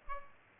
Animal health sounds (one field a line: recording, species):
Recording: mosquito wingbeat signal from an infrared sensor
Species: Aedes aegypti